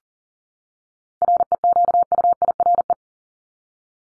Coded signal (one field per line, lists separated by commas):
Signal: Morse code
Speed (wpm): 40 wpm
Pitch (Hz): 700 Hz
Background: none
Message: REQUIRE